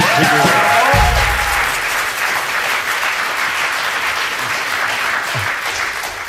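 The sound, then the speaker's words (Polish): Sustained applause from a large audience, a dense steady wash of clapping that stays loud throughout, with a brief voice and low thump at the start. “Wielkie brawo.”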